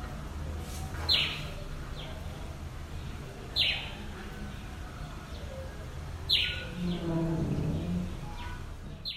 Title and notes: Topographie sonore du quartier : auto et moineaux gris. Nkolmbong-Nord neighborhood, Émana, Yaoundé 1, Cameroon. November 16, 2023, 8:56 a.m. Sounds captured: car engine noise, grey-headed sparrow